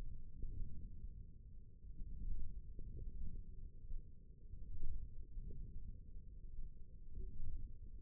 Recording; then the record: forearm muscle sounds (acoustic myography)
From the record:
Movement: wrist flexion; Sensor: system 1, eight BSWA MPA416 microphones around the upper forearm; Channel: 4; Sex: male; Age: 20 years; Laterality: left